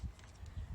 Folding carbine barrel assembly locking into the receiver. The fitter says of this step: you just take the barrel, swing it around, hear it click,